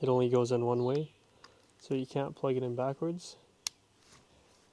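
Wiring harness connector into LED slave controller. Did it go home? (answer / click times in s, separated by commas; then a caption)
yes / 3.7 s. A wiring harness connector is plugged into a plastic slave LED controller during a new Ram interior ambient lighting install; the connector only fits one way. Someone talks, then a single sharp click at 3.7 s marks the connector seating into the controller.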